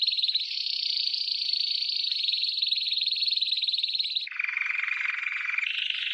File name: Canary Voice